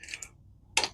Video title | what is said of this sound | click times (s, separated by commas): Rotating My Fisker Ocean One Tires at 11,000 Miles: Detailed Look Inside | when you get to the right measurement you hear this one click | 0.8 s